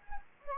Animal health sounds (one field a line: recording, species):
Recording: mosquito wingbeat signal from an infrared sensor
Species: Anopheles gambiae